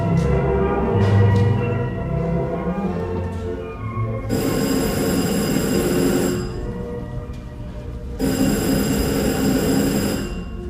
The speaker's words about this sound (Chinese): 电话又来了，弗朗克先生，你听见了吗？ 我听到了， 已经是第三次了，弗朗克先生，第三次了，这是信号